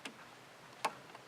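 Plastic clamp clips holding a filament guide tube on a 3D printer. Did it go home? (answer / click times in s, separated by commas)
yes / 0.1 s, 0.8 s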